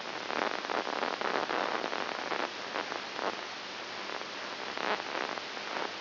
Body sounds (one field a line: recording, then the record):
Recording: brain microelectrode recording played as sound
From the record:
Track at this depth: inside the subthalamic nucleus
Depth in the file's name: 6.901 mm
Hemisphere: left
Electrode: 2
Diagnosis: Parkinson's disease